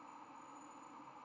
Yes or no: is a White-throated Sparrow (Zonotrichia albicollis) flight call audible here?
no